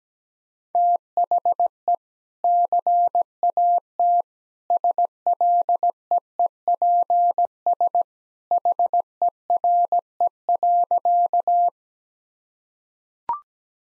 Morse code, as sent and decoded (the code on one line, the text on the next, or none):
- .... . / -.-. .- - / ... .-.. . . .--. ... / .... . .-. . .-.-.-
THE CAT SLEEPS HERE.